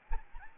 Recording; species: mosquito wingbeat signal from an infrared sensor; Aedes albopictus